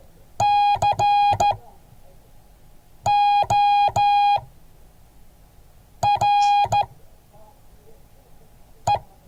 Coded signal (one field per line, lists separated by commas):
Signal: Morse code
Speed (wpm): 14 wpm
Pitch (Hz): 820 Hz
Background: none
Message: CORE